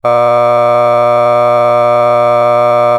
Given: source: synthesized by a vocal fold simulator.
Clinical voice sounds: sustained vowel; male; a random mix of aspiration noise, stiffness perturbation and strain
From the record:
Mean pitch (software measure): 120 Hz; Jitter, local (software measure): 0.85%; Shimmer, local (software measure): 1.6%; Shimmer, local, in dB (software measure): 0.14 dB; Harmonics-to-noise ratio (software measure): 19.7 dB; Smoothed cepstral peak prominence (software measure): 20.4 dB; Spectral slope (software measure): -16.3 dB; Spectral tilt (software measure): -10.4 dB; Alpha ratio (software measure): -6.8 dB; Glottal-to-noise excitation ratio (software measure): 0.990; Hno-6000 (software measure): 2.3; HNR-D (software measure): 30.8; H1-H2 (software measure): 3.5 dB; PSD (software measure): 6.0e-05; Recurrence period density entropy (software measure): 0.113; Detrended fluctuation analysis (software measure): 0.0363

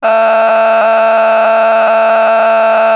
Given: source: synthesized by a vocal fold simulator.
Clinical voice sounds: sustained vowel; female; a random mix of aspiration noise, stiffness perturbation and strain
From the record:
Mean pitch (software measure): 223 Hz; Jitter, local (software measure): 2.72%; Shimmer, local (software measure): 3.9%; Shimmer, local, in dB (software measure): 0.35 dB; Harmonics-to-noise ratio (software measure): 11.4 dB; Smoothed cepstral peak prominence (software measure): 12.7 dB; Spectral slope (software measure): -17.1 dB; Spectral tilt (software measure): -7.9 dB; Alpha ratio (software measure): -7.7 dB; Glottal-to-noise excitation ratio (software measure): 0.910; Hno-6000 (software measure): 1.6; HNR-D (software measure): 27.9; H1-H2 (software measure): -9.3 dB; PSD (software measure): 1.0e-04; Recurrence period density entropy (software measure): 0.123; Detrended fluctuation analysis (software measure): 0.0083

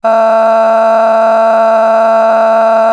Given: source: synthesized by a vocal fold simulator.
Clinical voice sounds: sustained vowel; female; a random mix of aspiration noise, stiffness perturbation and strain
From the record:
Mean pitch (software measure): 224 Hz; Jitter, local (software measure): 1.69%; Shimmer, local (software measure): 5.9%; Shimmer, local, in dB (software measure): 0.52 dB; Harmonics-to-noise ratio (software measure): 15.7 dB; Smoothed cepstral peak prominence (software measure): 15.0 dB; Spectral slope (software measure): -20.5 dB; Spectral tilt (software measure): -10.4 dB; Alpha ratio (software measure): -10.9 dB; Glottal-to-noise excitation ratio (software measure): 0.907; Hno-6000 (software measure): 2.2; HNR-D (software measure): 32.3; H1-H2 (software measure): -2.0 dB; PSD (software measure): 7.5e-05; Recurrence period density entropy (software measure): 0.116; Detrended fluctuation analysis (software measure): 0.0128

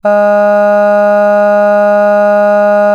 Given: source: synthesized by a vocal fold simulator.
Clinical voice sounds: sustained vowel; female; none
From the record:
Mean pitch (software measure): 206 Hz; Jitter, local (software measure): 0.17%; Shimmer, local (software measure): 1.5%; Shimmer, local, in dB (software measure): 0.13 dB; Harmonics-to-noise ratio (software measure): 31.7 dB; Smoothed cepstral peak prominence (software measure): 18.9 dB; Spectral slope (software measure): -21.9 dB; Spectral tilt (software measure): -8.6 dB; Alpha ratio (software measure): -12.4 dB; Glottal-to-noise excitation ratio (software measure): 0.976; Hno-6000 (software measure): 2.4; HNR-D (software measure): 39.1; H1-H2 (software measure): 8.7 dB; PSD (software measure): 1.3e-05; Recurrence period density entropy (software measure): 0.134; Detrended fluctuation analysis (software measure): 0.0275

